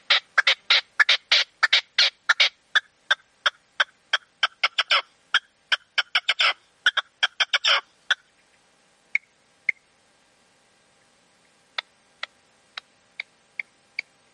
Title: Canto de Perdiz. CANTO DE LA PERDIZ